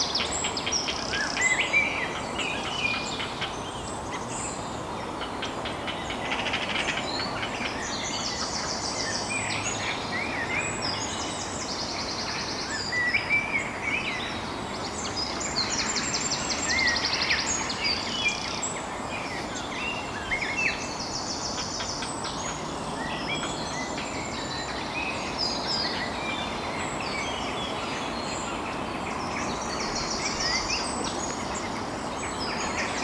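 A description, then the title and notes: Dense, constant dusk birdsong from the trees, many overlapping chirps and trills in the upper range over a steady low rushing murmur throughout. A day of rain has left the river running high and fast. The riot of dusk birdsong spilling down from the trees beside the track. Recorded by Daniel Graham and presented by Hannah Tribe.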